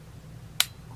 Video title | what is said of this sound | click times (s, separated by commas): Journal Entry #61: How To Pierce Your Ears At Home | just gonna slide that in until it clicks and then | 0.6 s